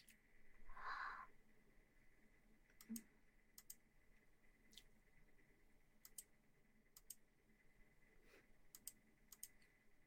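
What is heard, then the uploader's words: A water bottle is shaken in one short, loud sloshing burst near the start, lasting about half a second. After that come sparse, sharp clicks and taps every second or so, over a quiet, steady background with a faint high tone running throughout. ASMR Shaking water bottle & Ear massage.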